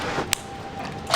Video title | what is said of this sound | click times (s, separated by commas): $125 FIXED Almost EVERYTHING On My CHEAP Tesla | Brand new battery, snap that in place. Brand new bottom piece. | 0.3 s